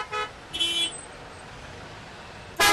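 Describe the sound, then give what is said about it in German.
Several car horns honk in short bursts over a steady rumble of street traffic in a city in Afghanistan, with one brief toot at the start, a longer blare after it, and another loud honk at the end. “Im Verkehr fallen Bewaffnete auf.”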